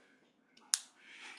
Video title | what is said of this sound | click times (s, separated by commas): DCBuzz Set Safety Oct 2025 | any sort of microphone or an ext extension XLR, you want to listen for this click. | 0.7 s